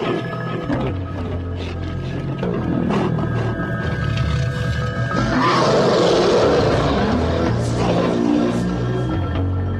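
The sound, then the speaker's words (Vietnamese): A dense chorus of wild beasts running and roaring, growling low and continuously, over a steady rushing rumble like a herd on the move, as wind gusts up and dust swirls. It grows louder and harsher partway through. “Sau đó liền vang tiếng dã thú chạy và xít gào.”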